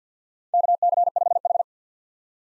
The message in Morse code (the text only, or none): KC5H